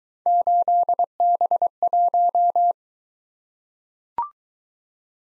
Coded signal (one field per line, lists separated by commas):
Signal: Morse code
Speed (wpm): 21 wpm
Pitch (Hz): 700 Hz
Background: none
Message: 8B1